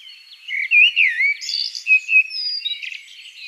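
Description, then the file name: Common blackbird singing a rapid run of fluty, swooping notes followed by scratchy, twittering high elements. "Turdus merula"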